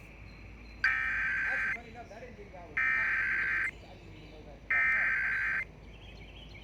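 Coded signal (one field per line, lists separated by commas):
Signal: Emergency Alert System (SAME) tones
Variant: header bursts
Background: speech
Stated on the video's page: Levi's Call child abduction alert EAS activation.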